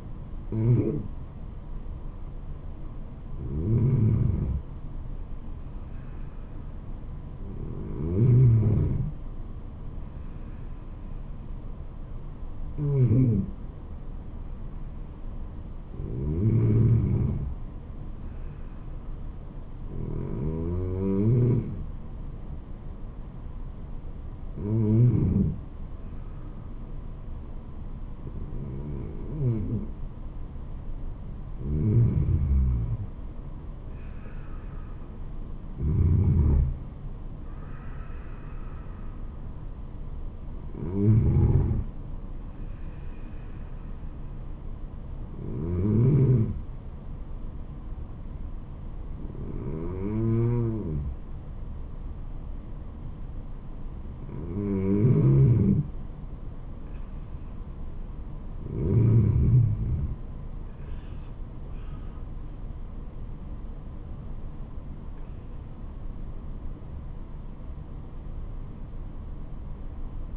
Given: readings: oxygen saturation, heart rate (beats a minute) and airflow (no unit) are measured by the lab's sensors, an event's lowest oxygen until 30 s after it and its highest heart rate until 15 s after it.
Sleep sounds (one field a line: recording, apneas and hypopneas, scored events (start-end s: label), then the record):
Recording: breathing in sleep by a smartphone at the bedside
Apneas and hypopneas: none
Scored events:
8.00-70.37 s: new sleep stage, N2 (light sleep)
From the record:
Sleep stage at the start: N1 (lightest sleep)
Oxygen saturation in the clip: 92 to 95%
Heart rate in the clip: 71 to 78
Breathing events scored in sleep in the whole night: 426 in 7.4 hours asleep